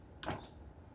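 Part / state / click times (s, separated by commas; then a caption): torque wrench on cylinder head nut of small motorcycle engine / torque reached / 0.2 s. A click-type torque wrench tightens a cylinder head nut to 180 inch-pounds on a small motorcycle engine sitting on the bench, during a BBR 120cc big bore kit install on an XR/CRF100. The wrench breaks over with a sharp click at 0.2 s, followed by a brief ring, confirming the nut reached its torque setting.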